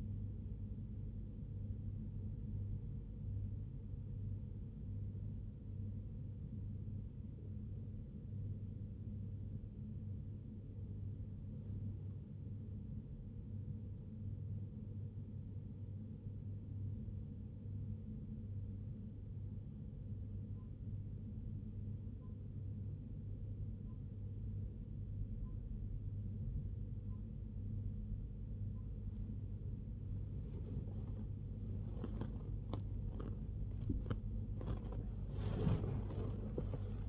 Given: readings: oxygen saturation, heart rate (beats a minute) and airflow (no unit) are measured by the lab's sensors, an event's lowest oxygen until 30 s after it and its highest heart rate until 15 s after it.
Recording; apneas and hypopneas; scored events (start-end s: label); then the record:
breathing in sleep by a smartphone at the bedside; 1
10.00-28.60 s: hypopnea (N2, oxygen 93% highest, then 92% lowest, heart rate 66 at the start, 85 highest)
10.00-37.09 s: new sleep stage, N2 (light sleep)
From the record:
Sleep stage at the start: N1 (lightest sleep); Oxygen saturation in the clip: 92 to 93%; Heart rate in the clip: 63 to 85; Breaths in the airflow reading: 11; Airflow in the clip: -3.2 to 3.7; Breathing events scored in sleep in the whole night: 101 in 7.3 hours asleep